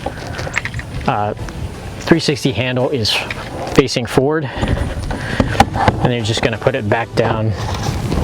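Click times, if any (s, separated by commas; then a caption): none. The pedal drive unit of a 2020 Hobie Pro Angler 360 kayak is lowered back toward its drive well in the plastic hull, with the 360 handle facing forward, while someone talks. Short handling knocks and taps come around 0.6 s and again between 5.1 and 5.9 s. The drive has not snapped into the hull well yet, and nothing has seated or clicked by the end.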